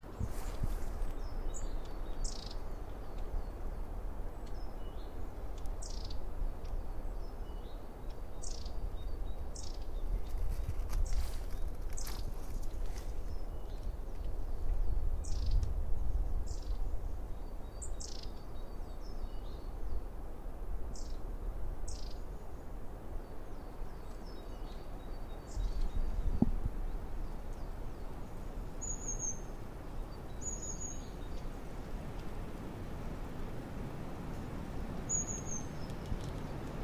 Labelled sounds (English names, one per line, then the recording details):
Long-tailed Tit call
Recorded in the wild
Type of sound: call
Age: adult
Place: Bernau bei Berlin, Barnim, Brandenburg, DE
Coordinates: 52.6947, 13.5247
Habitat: Poplar forest
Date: 2012-02-26 14:29
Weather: 8°C, clear, moderate winds from N
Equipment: Sound Devices 702, Sennheiser MKH 415 T, Rhode Windschutz
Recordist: Frommolt, Karl-Heinz
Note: Ehemalige Rieselfläche bei Bernau: Rufe einer Schwanzmeise. Entfernung ca. 20 m